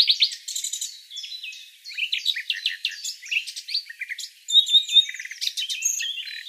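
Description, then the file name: Eurasian blackcap song, a rapid, scratchy warble of chattering and twittering notes with a brief pause and some clearer high notes later. "Sylvia atricapilla"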